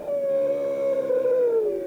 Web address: soundswild. bowhead whales